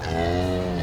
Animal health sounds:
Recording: contact call of a hoofed animal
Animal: cattle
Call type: low-frequency (closed-mouth) or high-frequency (open-mouth) call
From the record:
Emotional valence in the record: positive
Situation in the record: physical reunion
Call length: 0.83 s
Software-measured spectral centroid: 1940 Hz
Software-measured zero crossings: 1440 a second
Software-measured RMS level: -24 dBFS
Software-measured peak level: -11 dBFS

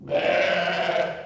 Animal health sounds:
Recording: contact call of a hoofed animal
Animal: sheep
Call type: low-frequency (closed-mouth) or high-frequency (open-mouth) call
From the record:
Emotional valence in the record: negative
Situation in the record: short social isolation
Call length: 1.26 s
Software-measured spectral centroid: 1850 Hz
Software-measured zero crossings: 2120 a second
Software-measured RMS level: -24 dBFS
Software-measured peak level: -10 dBFS

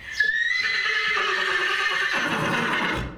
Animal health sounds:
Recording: contact call of a hoofed animal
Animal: horse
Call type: whinny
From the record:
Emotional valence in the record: negative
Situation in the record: separation from one group member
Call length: 3.2 s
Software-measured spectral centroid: 2490 Hz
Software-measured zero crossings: 3750 a second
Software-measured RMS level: -24 dBFS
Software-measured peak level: -9 dBFS

